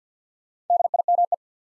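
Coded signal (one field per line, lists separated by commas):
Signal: Morse code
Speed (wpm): 48 wpm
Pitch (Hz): 700 Hz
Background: none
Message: DIME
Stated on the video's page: Morse practice set at 50 wpm, building 4-letter words two letters at a time, for instant character recognition.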